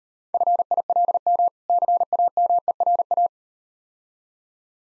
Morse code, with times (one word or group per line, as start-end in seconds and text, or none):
0.3-1.5 FILM
1.7-3.3 CAMERA